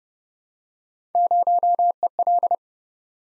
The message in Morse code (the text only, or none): 0EL